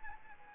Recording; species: mosquito wingbeat signal from an infrared sensor; Anopheles arabiensis